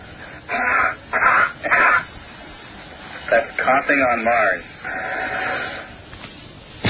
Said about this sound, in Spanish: O sea, la primera entrada es la tos en la Tierra. La tos en la Tierra. Y la segunda ya sería la tos o si se produjera en Marte en las mismas condiciones. That's coughing on Mars.